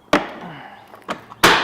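A plastic power/sonar cable connector is fumbled and pushed into its mating socket on the mount of a Garmin 93sv sonar unit being installed in a Ranger 1652 MPV. A sharp knock at 0.2 s and a few softer taps around 1.1 s come before a loud snap at 1.5 s as the connector seats.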